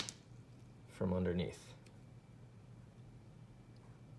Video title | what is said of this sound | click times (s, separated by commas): MachineWise Sasori and Tottori Balisongs: Assembly Guide for Zippy Spacers and Balance Inserts | pop them out | 0.1 s